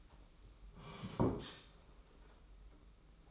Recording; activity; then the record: daily activity, microphone in the room; sit down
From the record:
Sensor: 1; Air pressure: 991.7 hPa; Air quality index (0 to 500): 158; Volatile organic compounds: 1000 ppm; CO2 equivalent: 5884 ppm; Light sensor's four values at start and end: 30/101/39/40 and 31/103/40/41